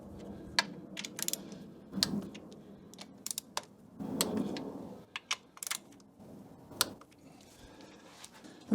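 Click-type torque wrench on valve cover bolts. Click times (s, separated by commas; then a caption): 2.0 s, 4.2 s, 6.8 s. A click-type torque wrench is pulled with a steady, even motion to tighten the remaining valve cover bolts on a 1994 Acura Integra 1.8L. Sharp metallic clicks sound at 2.0 s, 4.2 s and 6.8 s as the wrench reaches its setting on each bolt, with other short ticks and rattles in between. Each bolt is torqued to the set value.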